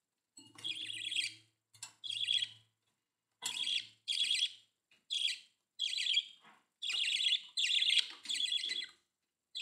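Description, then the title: Budgerigar chirping calls, a low hum at the start, then a steady sequence of buzzy chirps spaced about a second apart. "Budgie Sounds"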